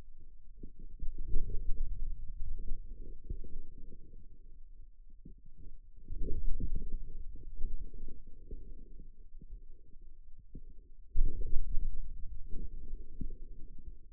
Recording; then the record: forearm muscle sounds (acoustic myography)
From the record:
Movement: inward rotation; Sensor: system 2, bracelet of six BSWA MPA416 microphones around the upper forearm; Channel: 5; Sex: male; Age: 22 years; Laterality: right